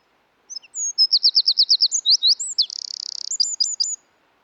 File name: British Library - European Wren Troglodytes troglodytes